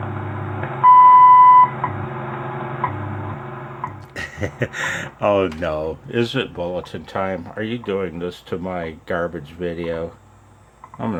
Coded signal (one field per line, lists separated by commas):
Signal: radio time signal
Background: speech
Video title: Noob Tech 101: Beat It - Heathkit IB-1101 alignment via WWV - part 1 of 3